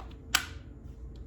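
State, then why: Seated. The plastic milk collection canister of an Elvie wearable breast pump is hooked onto the pump body and pressed home, giving a sharp, bright snap at 0.4 s over a low background hum, with faint soft ticks near 0.1 s and 1.2 s. The canister snaps into place and is seated.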